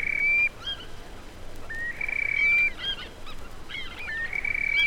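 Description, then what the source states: Terek sandpipers exchanging calls, sustained even whistles broken by rippling, wobbling trills from more than one bird, with steady low hiss beneath. Birds calling to each other on river shoals.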